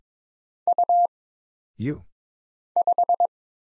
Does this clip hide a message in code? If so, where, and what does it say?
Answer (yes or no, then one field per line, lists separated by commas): yes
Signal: Morse code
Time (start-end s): 0.7-3.3 s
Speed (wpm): 22 wpm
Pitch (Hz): 700 Hz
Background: none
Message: U 5